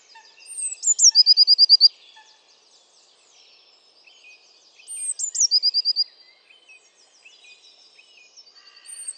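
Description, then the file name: Eurasian blue tit singing two phrases, each of thin high notes followed by a rapid even trill, with faint chatter of other birds between, and the start of a third at the end. "Cyanistes caeruleus"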